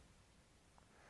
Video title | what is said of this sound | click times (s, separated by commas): Terminating Fiber with the UniCam High Performance Installation Tool mp4 Join | once you're that click the shroud has been properly installed and should move freely back and forth | 0.8 s